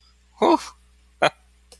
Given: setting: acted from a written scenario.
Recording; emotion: vocal sound without words; positive surprise